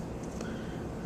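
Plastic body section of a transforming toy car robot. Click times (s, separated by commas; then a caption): 0.4 s. The plastic body section of a transforming toy car robot is pulled forward until it pops into place, with a short, sharp pop at 0.4 s over a steady low background hum. The pop shows the section is seated and secure.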